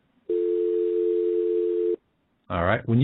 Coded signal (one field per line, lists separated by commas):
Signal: telephone call progress tone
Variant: North America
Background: speech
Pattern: dial tone